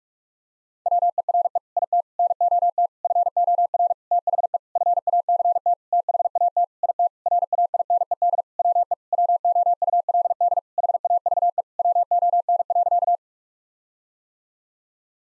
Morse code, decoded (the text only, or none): WERE IT NOT FOR THE FACT THAT IT RAINED WE WOULD HAVE WON.